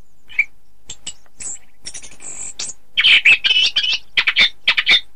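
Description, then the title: Oriental magpie-robin song: scattered high chips and a short buzzy note, then a loud burst of rich, varied whistled phrases and trills near the end. "Kicau Kacer"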